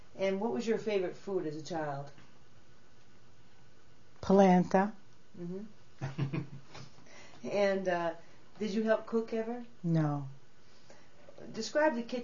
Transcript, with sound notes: And what was your favorite food as a child?
Polenta. (laughs off-mike)
And did you help cook ever?
No.
Describe the kitchen.